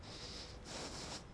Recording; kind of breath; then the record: one breath in and out by a microphone near the nose and mouth; strong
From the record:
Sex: male